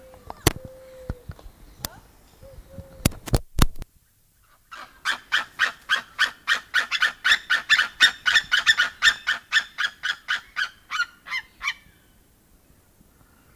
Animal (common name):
White-tailed Eagle